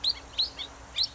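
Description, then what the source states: Wilson's Plover calls: four short, sharp, high chirps, spaced unevenly over about a second. Many breed in the southern U.S. and come to the Gulf of Fonseca shrimp farms to rest and refuel.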